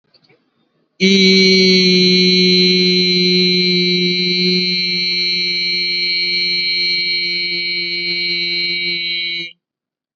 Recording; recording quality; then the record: sustained vowel as in beet; excellent, no background noise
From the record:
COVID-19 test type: RT-PCR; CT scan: not taken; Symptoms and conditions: none ticked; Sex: male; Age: 31 years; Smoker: no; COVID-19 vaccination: both doses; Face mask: worn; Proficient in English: yes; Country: India